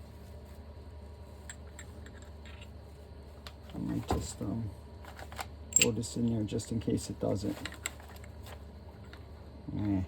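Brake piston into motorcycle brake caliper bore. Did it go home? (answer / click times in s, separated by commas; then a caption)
no / none. A metal brake piston, lubricated with brake fluid, is pushed toward its bore in a motorcycle brake caliper. Short handling knocks and light metallic taps are heard while someone talks. The piston will not go in past the seals, and nothing has seated or clicked yet.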